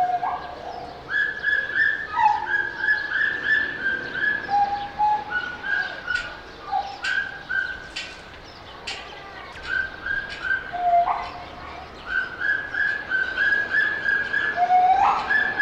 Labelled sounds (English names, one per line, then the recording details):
Pileated Gibbon
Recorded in captivity
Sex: male
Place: Zoo Berlin, Berlin, DE
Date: 1989-03-08 10:55
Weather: leicht bedeckt, 4-8°C
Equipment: Sony WM-D6C, Kopie 19 cm
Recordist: Tembrock, Günter